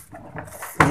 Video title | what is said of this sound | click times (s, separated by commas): Hindware Wall Mounted Flush Tank-Hindware wall Hung Seat Price-Hindware flush Tank | ये lock हो गया है, | 0.8 s